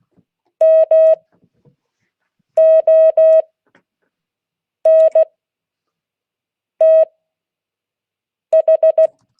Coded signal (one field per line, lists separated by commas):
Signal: Morse code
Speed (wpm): 16 wpm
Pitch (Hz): 640 Hz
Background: none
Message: MONTH